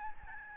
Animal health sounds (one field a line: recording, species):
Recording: mosquito wingbeat signal from an infrared sensor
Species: Aedes albopictus